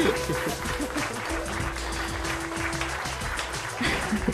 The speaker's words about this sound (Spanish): Y nada, muchas gracias, un aplauso para vosotros. Aplaudid. 1, 2 y 3. Muchas gracias. Así.